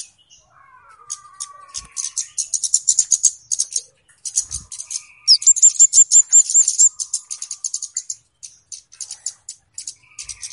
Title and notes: Kicau Pancing Burung Kemade ( Cabe Cabean). Suara Burung Cabe Cabean Pikat